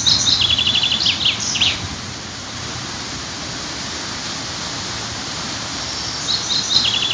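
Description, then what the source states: Bird song: a quick, high trilled phrase with a few extra notes, and another trill beginning near the end, against a steady hiss. City park.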